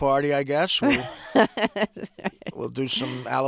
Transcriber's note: soundbite of laughter